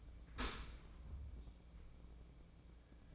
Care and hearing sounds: daily activity, microphone in the room; open dishwasher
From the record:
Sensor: 1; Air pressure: 1012.4 hPa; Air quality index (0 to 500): 173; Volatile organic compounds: 3 ppm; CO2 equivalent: 1412 ppm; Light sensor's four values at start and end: 327/744/330/362 and 330/751/333/365

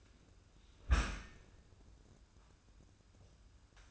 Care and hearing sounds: daily activity, microphone in the room; close dishwasher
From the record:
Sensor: 2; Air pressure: 994.3 hPa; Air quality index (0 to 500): 212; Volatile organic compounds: 1000 ppm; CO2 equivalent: 7027 ppm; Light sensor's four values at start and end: 135/323/137/142 and 144/347/147/154

